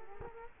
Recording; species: mosquito wingbeat signal from an infrared sensor; Culex quinquefasciatus